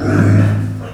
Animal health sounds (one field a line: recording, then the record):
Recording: squeal of a Yucatan mini pig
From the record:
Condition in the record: after surgery on the right vocal fold (resection and tissue-engineered implant)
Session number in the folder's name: 7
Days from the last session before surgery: 47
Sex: female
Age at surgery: 19 weeks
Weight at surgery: 25 kg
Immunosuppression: prednisolone